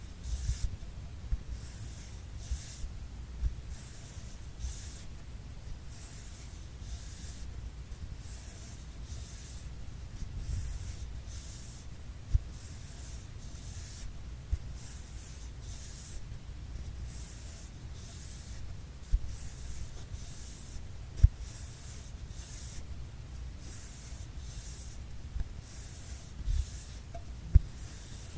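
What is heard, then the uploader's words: A paper tube gives repeated airy swishes about once a second over a low rumble, with a few sharp knocks near the end. PAPER TUBE SOUND ASMR.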